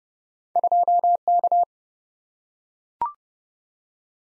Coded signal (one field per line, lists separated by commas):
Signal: Morse code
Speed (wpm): 29 wpm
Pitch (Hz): 700 Hz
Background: none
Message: 2K